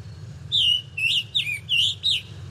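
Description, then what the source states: Scarlet Tanager song, five burry, hoarse slurred phrases in quick succession, each about a quarter second, over a low steady hum. Singing high in the tree canopy.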